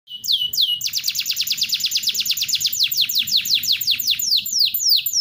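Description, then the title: Canary giving a rapid run of bright falling notes, gradually slowing into separate downward sweeps near the end. National contest champion; used as a master song for training other birds. "Masteran Kenari Lomba Juara Nasional"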